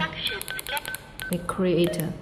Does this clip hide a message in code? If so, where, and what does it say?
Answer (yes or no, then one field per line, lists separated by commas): no